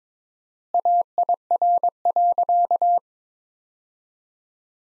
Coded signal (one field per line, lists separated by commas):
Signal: Morse code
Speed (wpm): 21 wpm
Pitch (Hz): 700 Hz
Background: none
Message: AIR.